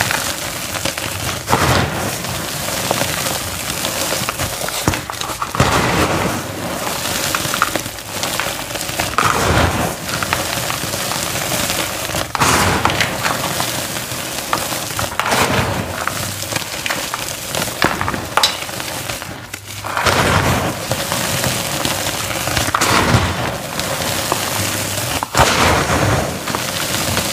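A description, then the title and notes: Crispy green cornstarch is crunched in a dense, steady crackle that runs the whole time. Sharper, louder squeezes break through every few seconds, about eight in all, each a bright crunchy burst over the constant fine rustle. Crispy green cornstarch crunchies. I had to crush them and reform them because the glitter used in these was waaaaayyyy too sharp.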